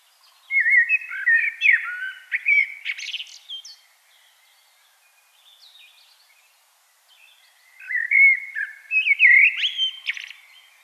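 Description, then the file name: Common blackbird: a melodious fluted phrase topped with scratchy high twittering, a quiet spell with faint notes, then another warbled phrase. "Turdus merula"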